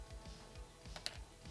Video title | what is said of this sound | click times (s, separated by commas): Mehk's Manic Monday Workshop with @vithegunplafluffy - MG Gundam Age-1 Normal | I'm just I'm just wondering why it doesn't lock in fully though that's the thing I don't get | 1.1 s